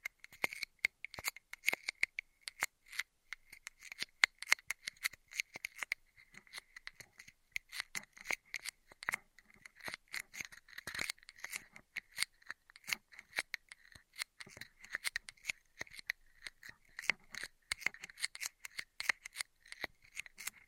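Intense straw triggers: rapid, dense crinkly snaps and clicks, irregular but constant for the whole stretch, bright and crisp with a thin steady hiss.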